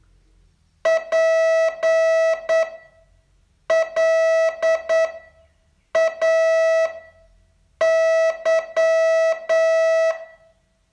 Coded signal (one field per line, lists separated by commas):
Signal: Morse code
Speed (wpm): 8 wpm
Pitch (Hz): 650 Hz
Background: none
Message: PLAY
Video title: Learn Morse in 42 Days from VU2LAU - day 31 test